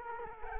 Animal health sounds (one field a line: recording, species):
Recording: mosquito wingbeat signal from an infrared sensor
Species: Culex quinquefasciatus